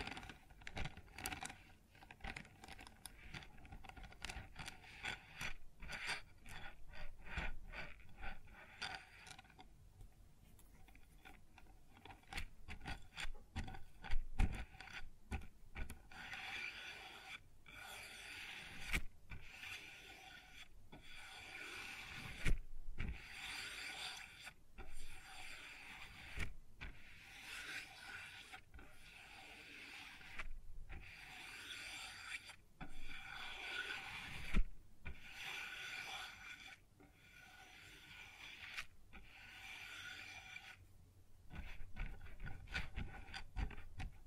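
Sounds on a wooden surface: rubbing, scraping strokes and scattered sharp knocks, irregular and busy throughout, bright and gritty with occasional louder taps.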